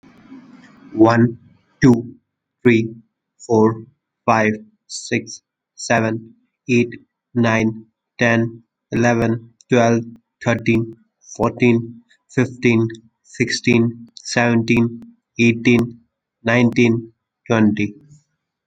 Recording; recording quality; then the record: counting at a normal pace; excellent, no background noise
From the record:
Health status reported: recovered from COVID-19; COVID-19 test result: negative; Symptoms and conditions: none ticked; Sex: male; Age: 24 years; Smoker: not ticked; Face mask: not worn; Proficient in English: yes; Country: India